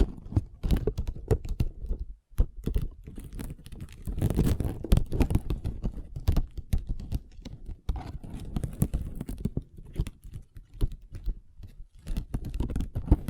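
Long nails tap and scratch on a table in quick, uneven bursts of clicks, with dull thuds beneath and brief pauses near two and eight seconds.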